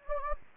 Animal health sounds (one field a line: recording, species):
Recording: mosquito wingbeat signal from an infrared sensor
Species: Anopheles gambiae